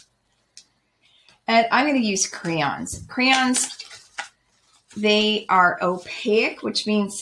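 A plastic cap is pushed back onto a felt-tip marker after drawing and clicks shut with a sharp, short hit at 0.6 s, seating the cap on the marker body. Someone then talks.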